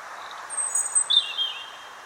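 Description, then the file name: European robin giving a short, very high, thin whistled phrase with a sliding trill in the middle, over a faint hiss. "Erithacus rubecula"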